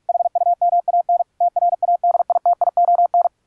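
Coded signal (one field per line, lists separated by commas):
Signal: Morse code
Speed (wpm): 46 wpm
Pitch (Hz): 700 Hz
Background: radio noise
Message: HUMAN TRADITION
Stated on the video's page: Software-generated high-speed CW training audio made with ebook2cw, played in MIXXX and regenerated through VST plugins and a BIPPER code oscillator, then filtered.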